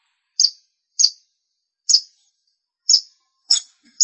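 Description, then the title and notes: Long-tailed shrike giving single harsh, high chirps at irregular intervals. "Suara burung pentet"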